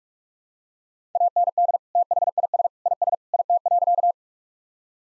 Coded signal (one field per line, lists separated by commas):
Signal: Morse code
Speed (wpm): 46 wpm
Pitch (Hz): 700 Hz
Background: none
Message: AND THIS IS IT.